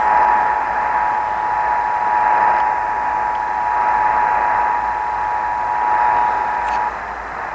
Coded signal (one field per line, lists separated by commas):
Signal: Emergency Alert System (SAME) tones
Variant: 853 and 960 Hz attention tone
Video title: San Diego County Monthly EAS Test (4/5/23) (EAS #1,043-1,044)